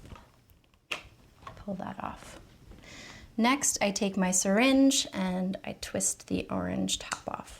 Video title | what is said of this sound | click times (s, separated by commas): StatScript Betaseron Training Video | and press that down until i hear a little click | 0.9 s